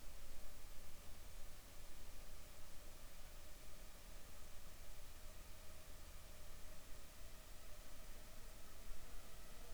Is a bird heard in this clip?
no